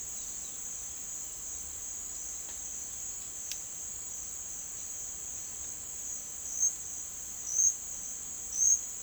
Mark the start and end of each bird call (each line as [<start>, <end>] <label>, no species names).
[0.00, 0.82] bird call